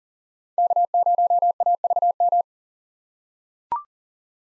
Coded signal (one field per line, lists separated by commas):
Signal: Morse code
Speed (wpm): 40 wpm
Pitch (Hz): 700 Hz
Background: none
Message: K0AVM